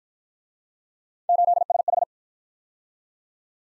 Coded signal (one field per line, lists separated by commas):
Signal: Morse code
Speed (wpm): 50 wpm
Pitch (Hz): 700 Hz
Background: none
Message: 8SH